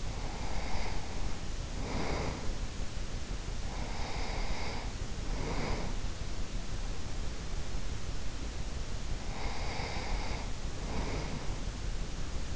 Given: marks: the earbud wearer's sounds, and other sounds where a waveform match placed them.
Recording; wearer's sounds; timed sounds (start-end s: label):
sounds in sleep by an in-ear microphone; breath
0.00-2.66 s: breath
3.53-6.20 s: breath
8.78-12.56 s: breath